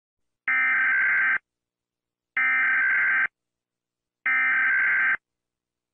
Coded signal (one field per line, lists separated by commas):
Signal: Emergency Alert System (SAME) tones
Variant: header bursts